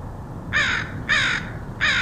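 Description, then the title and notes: Crow giving three harsh caws over low background hum. Crows recorded in Portland, Oregon, in August 2003. "Crows of Portland. Crows recorded by Dan Bodah in Portland, OR, August 2003"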